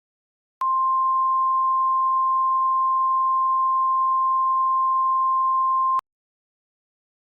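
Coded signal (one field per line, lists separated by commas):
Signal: Emergency Alert System (SAME) tones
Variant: 1050 Hz attention tone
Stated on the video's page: Fictional EAS scenario, a fabricated alert rather than a real activation.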